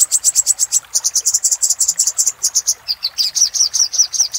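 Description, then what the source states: Little spiderhunter giving quick repeated high chips, shifting slightly lower near the end. Master recording used for training cage birds.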